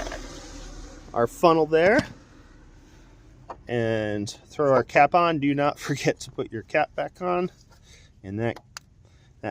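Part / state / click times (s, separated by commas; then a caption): oil filler cap onto engine oil filler neck / seated / 8.8 s. On a 2013 VW Passat/Jetta with the 2.5L engine, the plastic oil filler cap is put back onto the engine's oil filler neck after the funnel is removed, while someone talks. A sharp click at 8.8 s marks the cap popping into place and seating.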